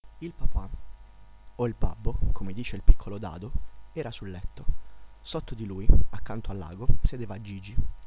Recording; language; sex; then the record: read passage; Italian; male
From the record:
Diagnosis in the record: healthy control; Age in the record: 19 years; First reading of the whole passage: 46 s, 11.4 characters per second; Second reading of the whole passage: 54 s, 9.6 characters per second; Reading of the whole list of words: 54 s, 5.2 characters per second